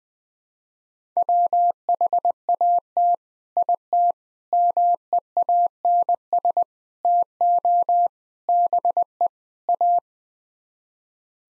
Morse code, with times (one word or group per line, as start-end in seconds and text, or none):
1.2-3.1 WHAT
3.6-4.1 IT
4.5-6.6 MEANS
7.0-8.1 TO
8.5-9.3 BE
9.7-10.0 A